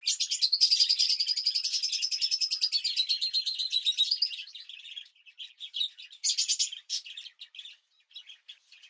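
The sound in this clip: Bird delivering a fast buzzy trill that slowly falls in pitch over four seconds, followed by scattered high chirps and short bursts.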